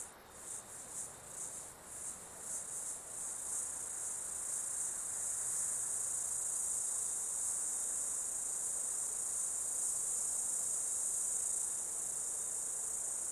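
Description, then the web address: Insects in a shrill high chorus, pulsing rapidly at first, then settling into a steady continuous drone. Insects during an Australian summer, outdoors. "Foundation 1 AMBIENCE AUSTRALIAN SUMMER INSECTS"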